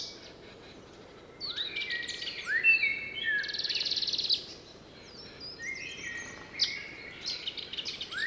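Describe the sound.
Blackbird singing rich, warbled phrases with fluty whistles and high squeaky flourishes, loudest in the middle, over a faint background.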